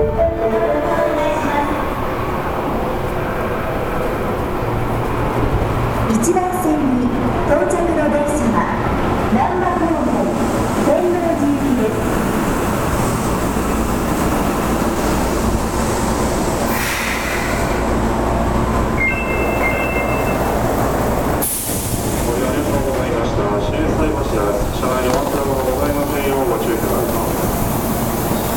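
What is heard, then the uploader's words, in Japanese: A subway platform scene on the Midosuji Line at Shinsaibashi Station, with a train's steady low rumble running throughout. Voices murmur over it, brief tonal chimes or announcements sound around 17–20 seconds, and a sharp hiss bursts near 21 seconds. 心斎橋駅の音風景（大阪市営地下鉄 御堂筋線）。朝のラッシュが終わりかけの９時前後に収録しました。短い間隔で発着する電車の情景。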